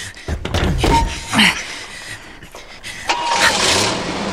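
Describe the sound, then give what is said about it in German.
A burglar's car: the engine cranks and catches, a door thunks shut, then the engine revs and the car pulls off, its rumble rising and fading. “Er fährt weg. Könnt ihr das Auto sehen?”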